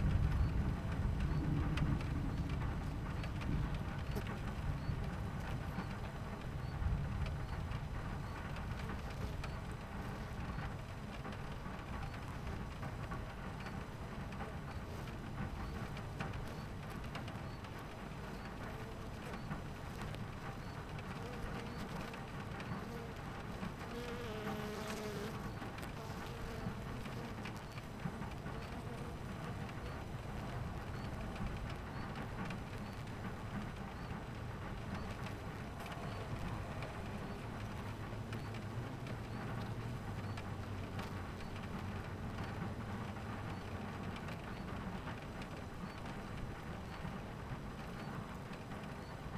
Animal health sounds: honeybee colony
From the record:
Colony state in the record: missing queen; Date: 14 July 2017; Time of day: 11:44

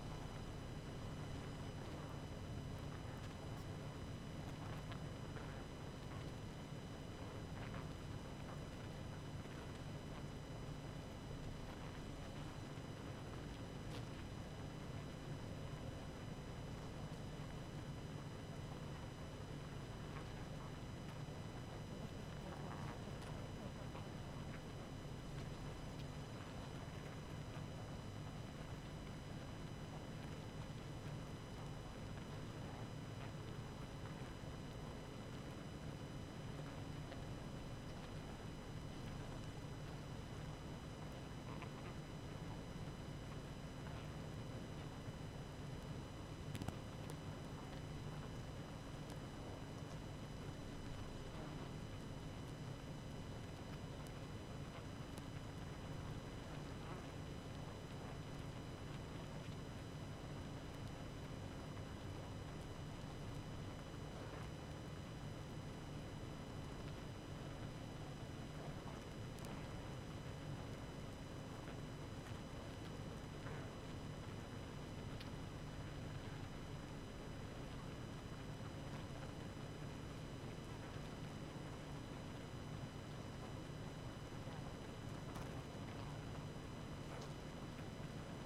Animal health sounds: honeybee colony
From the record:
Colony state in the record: active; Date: 12 June 2018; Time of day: 19:45

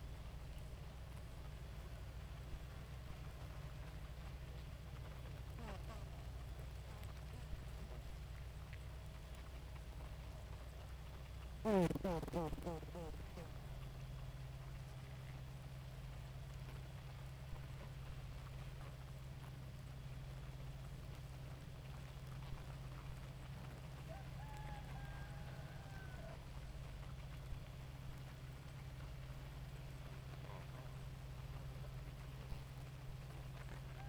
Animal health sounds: honeybee colony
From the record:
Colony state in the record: active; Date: 28 July 2017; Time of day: 2:38

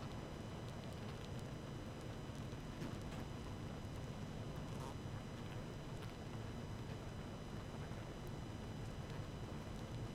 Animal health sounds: honeybee colony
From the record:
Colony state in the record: active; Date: 12 June 2018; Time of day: 18:31

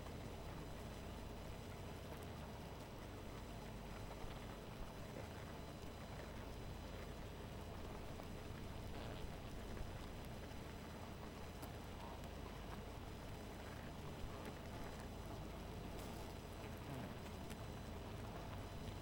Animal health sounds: honeybee colony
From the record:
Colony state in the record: missing queen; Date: 14 July 2017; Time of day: 2:14

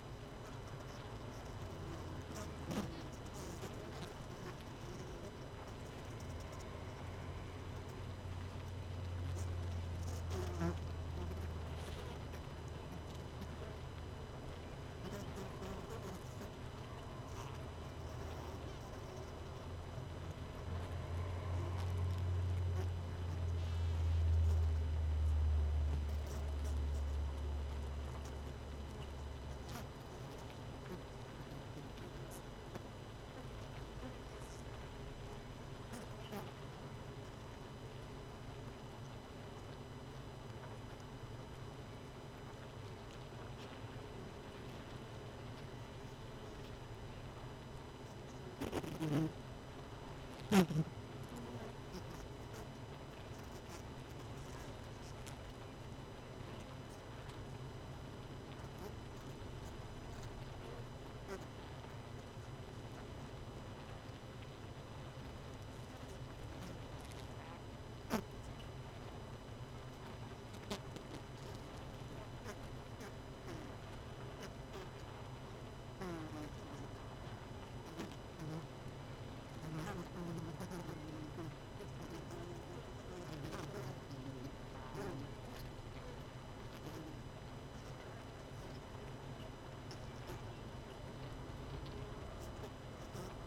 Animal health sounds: honeybee colony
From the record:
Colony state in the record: missing queen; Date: 31 May 2018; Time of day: 18:30

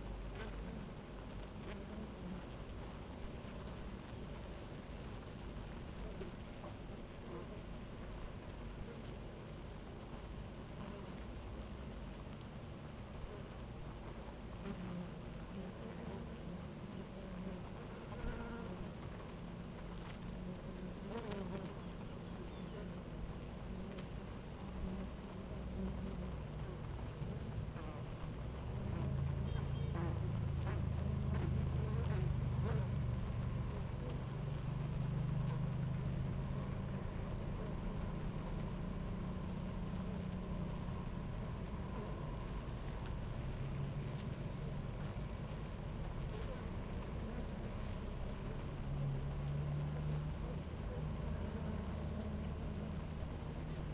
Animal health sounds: honeybee colony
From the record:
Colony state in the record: active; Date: 28 July 2017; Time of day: 11:52

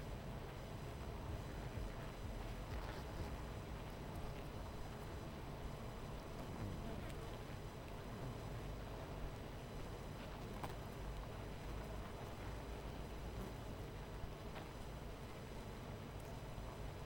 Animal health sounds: honeybee colony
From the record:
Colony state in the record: missing queen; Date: 14 July 2017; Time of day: 12:17

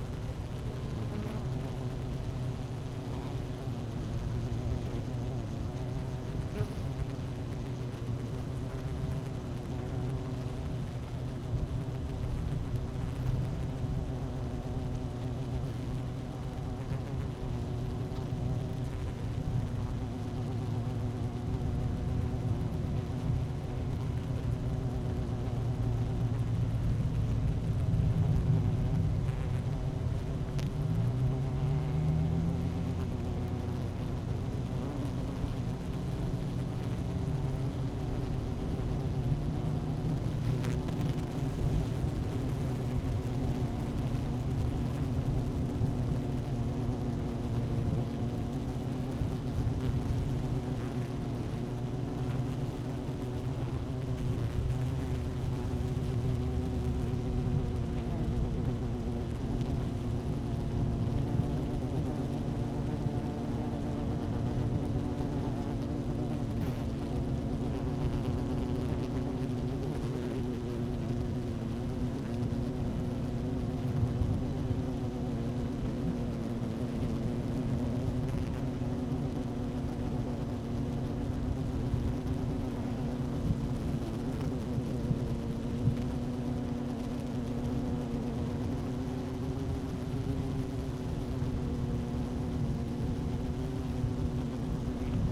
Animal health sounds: honeybee colony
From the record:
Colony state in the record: active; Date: 12 June 2018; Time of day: 12:11

